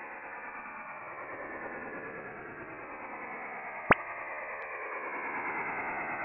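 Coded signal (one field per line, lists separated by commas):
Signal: HF data modem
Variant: STANAG 4285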